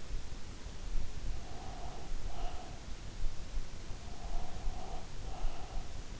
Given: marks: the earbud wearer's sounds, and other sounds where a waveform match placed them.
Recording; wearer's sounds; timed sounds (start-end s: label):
sounds in sleep by an in-ear microphone; breath
1.07-2.96 s: breath
4.06-6.09 s: breath